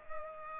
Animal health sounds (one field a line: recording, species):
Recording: mosquito wingbeat signal from an infrared sensor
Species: Culex pipiens